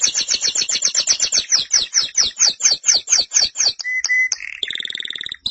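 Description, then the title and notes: Canary song: a rapid series of sharp descending chirps repeated many times, followed by a brief pure whistle and a buzzy high trill. "BM Suara Kenari. BM Suara Burung Kenari"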